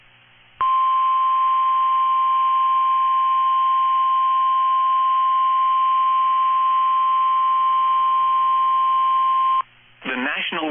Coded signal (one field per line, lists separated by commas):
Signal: Emergency Alert System (SAME) tones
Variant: 1050 Hz attention tone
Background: speech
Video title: 10/9/24 - HUGE Flash Flood Warning on KHB32 (EAS #1144)